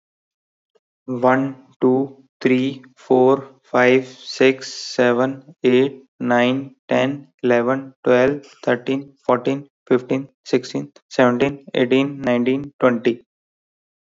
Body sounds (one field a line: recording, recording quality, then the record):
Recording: counting at a normal pace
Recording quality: excellent, no background noise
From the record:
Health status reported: healthy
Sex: male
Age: 24 years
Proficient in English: yes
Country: India